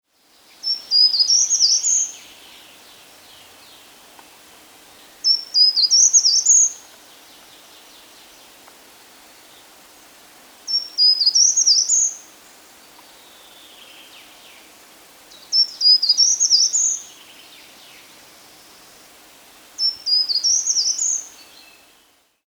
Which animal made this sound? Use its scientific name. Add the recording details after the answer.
Certhia brachydactyla. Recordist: Frommolt, Karl-Heinz. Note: Gesang